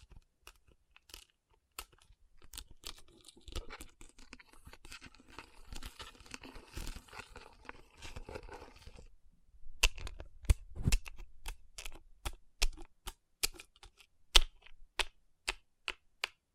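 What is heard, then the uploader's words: Fingertips tap and rub over rhinestone-covered palms. Sharp, bright taps come singly at first, then a dense scratchy rubbing fills roughly 3 to 9 seconds. After a brief pause, crisp taps return at an irregular pace, with a few louder knocks near the end. Tapping & Rubbing Rhinestone Covered Palms.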